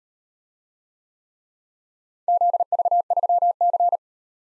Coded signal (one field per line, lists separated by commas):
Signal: Morse code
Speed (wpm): 37 wpm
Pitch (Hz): 700 Hz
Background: none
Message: ZV3C